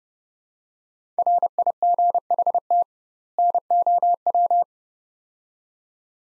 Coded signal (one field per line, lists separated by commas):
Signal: Morse code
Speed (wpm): 31 wpm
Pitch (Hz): 700 Hz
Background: none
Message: RIGHT NOW